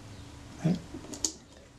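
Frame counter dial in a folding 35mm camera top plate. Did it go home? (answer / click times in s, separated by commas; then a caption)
yes / 1.2 s. While reassembling the film advance of a vintage Kodak Retina IIa folding 35mm camera, the advance is held down and the frame counter dial in the top plate is rotated. A soft, low rubbing thump comes at about 0.7 s, then a sharp, bright click at 1.2 s as the dial clicks into place. The frame counter is seated.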